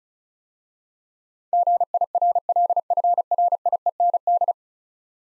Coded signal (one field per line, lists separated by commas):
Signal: Morse code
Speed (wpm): 36 wpm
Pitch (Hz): 700 Hz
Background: none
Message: GIRLFRIEND